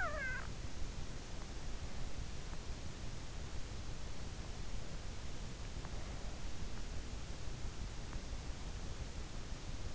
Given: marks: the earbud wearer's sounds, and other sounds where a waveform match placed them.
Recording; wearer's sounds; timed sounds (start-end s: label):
sounds in sleep by an in-ear microphone; snoring breath
0.00-0.50 s: snoring breath